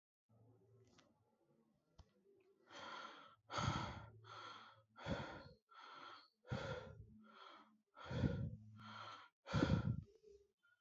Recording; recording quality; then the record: shallow breathing; excellent, no background noise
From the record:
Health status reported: COVID-19 positive, mild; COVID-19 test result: positive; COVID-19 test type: RT-PCR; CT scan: not taken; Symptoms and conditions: cough, cold, sore throat, fatigue, muscle pain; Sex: male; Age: 26 years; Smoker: no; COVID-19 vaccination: both doses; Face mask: not worn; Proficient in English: yes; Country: India